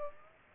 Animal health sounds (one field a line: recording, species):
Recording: mosquito wingbeat signal from an infrared sensor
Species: Aedes aegypti